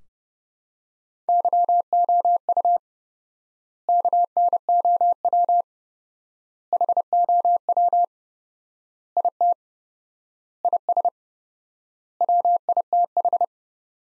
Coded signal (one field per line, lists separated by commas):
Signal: Morse code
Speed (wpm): 30 wpm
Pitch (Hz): 700 Hz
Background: none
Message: YOU KNOW HOW IT IS WITH